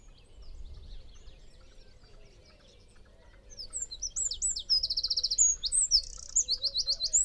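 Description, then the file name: Eurasian wren song: after a quiet start, a loud burst of very high, rapid trills and sharp chattering notes fills the last few seconds, over soft low warbling notes and faint rumble. "Troglodytes troglodytes"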